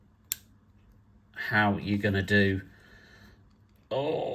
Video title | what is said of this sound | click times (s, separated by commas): Marvel Legends Green Goblin Spider-Man No Way Home figure review | it will snap in. Very similar to, obviously, | 0.3 s